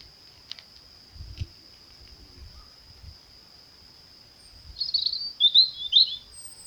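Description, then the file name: European robin giving a few brief high, thin warbled phrases near the end, after a long quiet stretch, with a steady high whine running throughout. "Erithacus rubecula"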